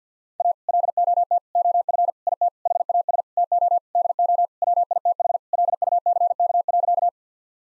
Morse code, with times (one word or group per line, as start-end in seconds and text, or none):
0.4-0.5 A
0.7-1.4 LOT
1.6-2.1 OF
2.3-2.5 IT
2.7-3.2 HAS
3.4-3.8 TO
4.0-4.5 DO
4.6-5.4 WITH
5.5-7.1 LUCK.